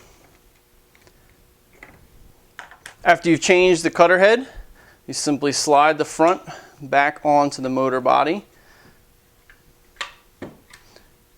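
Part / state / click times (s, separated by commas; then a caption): front housing of a domino joiner onto its motor body / seated / 10.0 s. After a cutter head change, the front housing of a Festool Domino 500 Q joiner is slid back onto its motor body and pushed in while someone talks, with a few faint taps and scrapes of handling around it. The housing latches with a sharp click at 10.0 s, seating it on the motor body.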